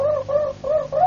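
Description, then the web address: Harz Roller canary giving a brief run of four smooth, low notes in a soft rolling phrase. "~joaopt canarios cantoharz"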